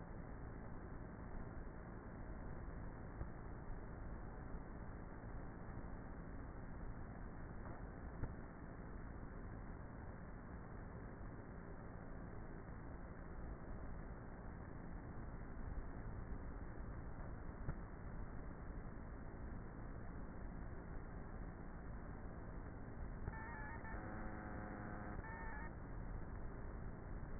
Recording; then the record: honeybee colony, microphone inside the hive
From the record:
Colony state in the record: queenless with a low population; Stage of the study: before two queens were removed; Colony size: about 30,000 bees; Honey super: no